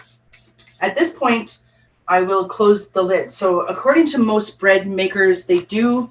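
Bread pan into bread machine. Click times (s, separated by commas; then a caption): 0.6 s. A bread pan is pushed into a bread machine and clicks in completely with a sharp tick at 0.6 s. After the click, someone talks.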